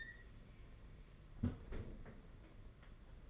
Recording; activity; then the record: daily activity, microphone in the room; close fridge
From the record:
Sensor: 4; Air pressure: 992.7 hPa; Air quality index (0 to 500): 167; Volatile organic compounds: 232 ppm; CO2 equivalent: 4312 ppm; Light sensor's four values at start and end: 19/66/24/25 and 19/66/24/25